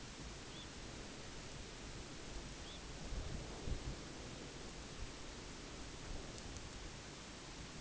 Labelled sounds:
Red Phalarope (Phalaropus fulicarius)
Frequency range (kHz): Red Phalarope (Phalaropus fulicarius) 2.2-4.6 kHz
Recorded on Arctic tundra, site UTQI-5, on 14 June 2019
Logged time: 10:00

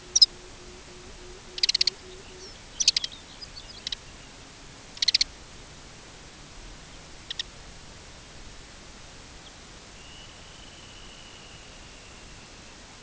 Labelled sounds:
Pectoral Sandpiper (Calidris melanotos), Ruddy Turnstone (Arenaria interpres), Lapland Longspur (Calcarius lapponicus), Dunlin (Calidris alpina)
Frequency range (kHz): Pectoral Sandpiper (Calidris melanotos) 0.2-0.7 kHz; Lapland Longspur (Calcarius lapponicus) 2.1-6.5 kHz; Dunlin (Calidris alpina) 2.1-3.5 kHz
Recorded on Arctic tundra, site UTQI-0, on 13 June 2019
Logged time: 00:00

